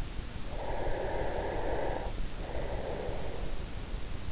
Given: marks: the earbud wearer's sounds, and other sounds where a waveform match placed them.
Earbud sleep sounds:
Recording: sounds in sleep by an in-ear microphone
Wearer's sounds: breath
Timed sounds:
0.26-3.83 s: breath

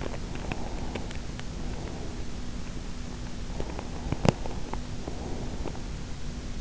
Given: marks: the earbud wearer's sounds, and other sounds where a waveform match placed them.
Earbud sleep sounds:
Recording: sounds in sleep by an in-ear microphone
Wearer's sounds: teeth grinding, breath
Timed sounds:
0.00-1.39 s: teeth grinding
0.00-2.18 s: breath
3.52-5.74 s: breath
4.08-4.79 s: teeth grinding

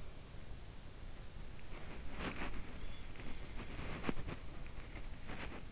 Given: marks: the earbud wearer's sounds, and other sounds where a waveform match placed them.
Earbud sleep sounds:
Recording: sounds in sleep by an in-ear microphone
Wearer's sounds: body movement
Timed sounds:
1.37-5.72 s: body movement

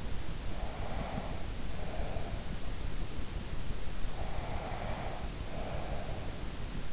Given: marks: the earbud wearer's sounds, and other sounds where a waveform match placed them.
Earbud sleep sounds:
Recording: sounds in sleep by an in-ear microphone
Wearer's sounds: breath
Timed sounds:
0.40-2.42 s: breath
4.09-6.37 s: breath

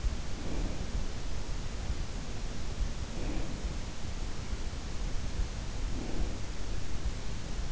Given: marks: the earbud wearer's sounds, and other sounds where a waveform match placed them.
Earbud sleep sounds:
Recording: sounds in sleep by an in-ear microphone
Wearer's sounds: breath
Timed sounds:
0.00-1.48 s: breath
2.90-4.19 s: breath
5.81-6.84 s: breath

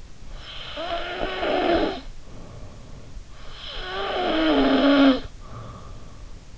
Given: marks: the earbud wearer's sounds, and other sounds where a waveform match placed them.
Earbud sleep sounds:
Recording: sounds in sleep by an in-ear microphone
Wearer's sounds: snoring breath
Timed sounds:
0.38-2.94 s: snoring breath
3.46-6.14 s: snoring breath

